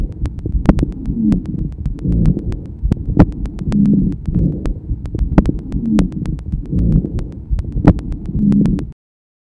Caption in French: Sur cet enregistrement, le roncus est entendu lors de l'expiration. Il s'agit d'un bruit continu dont la fréquence fondamentale est inférieure à 200 Hz.